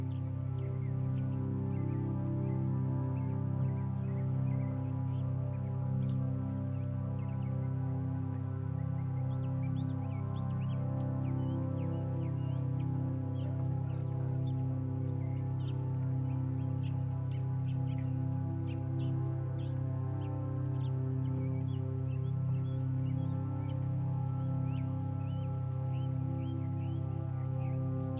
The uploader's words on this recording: Peaceful sounds of birds saying hello as boats pass by in the distance at a marina outside of Nashville, TN.